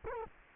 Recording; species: mosquito wingbeat signal from an infrared sensor; Culex quinquefasciatus